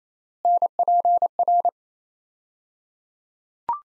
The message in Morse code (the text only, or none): NPR